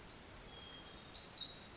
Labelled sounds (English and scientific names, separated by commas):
Pacific Wren (Troglodytes pacificus)